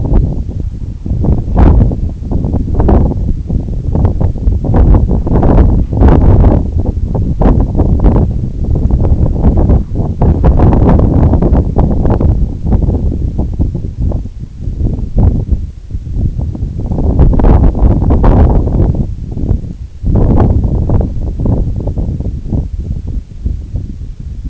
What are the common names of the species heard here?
none